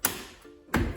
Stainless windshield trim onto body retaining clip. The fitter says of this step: When it goes on, it just snaps in place like so.